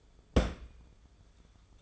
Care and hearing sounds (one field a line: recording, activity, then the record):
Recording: daily activity, microphone in the room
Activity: place on stove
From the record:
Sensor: 5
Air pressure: 1010.5 hPa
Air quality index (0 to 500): 111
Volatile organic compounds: 2 ppm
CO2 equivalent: 1091 ppm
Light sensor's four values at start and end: 680/1674/707/841 and 564/1425/594/691